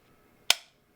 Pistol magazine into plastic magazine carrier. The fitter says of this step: clicks right in i like that the positive feedback you get when you know